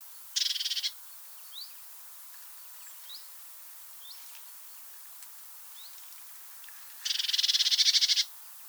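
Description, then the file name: Eurasian blue tit scolding churrs, two dry buzzy rattles several seconds apart, with faint thin rising notes between them. "Cyanistes caeruleus"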